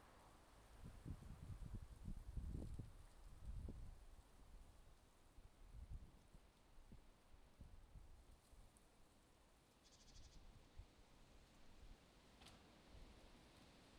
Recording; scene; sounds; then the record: everyday scene through a hearing-aid microphone; wind on the microphone; wind, traffic, birds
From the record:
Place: suburban garden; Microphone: in the ear canal, left